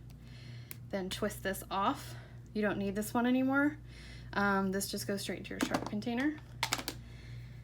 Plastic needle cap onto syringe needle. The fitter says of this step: it hurt really bad just be careful don't rush you'll hear a snap then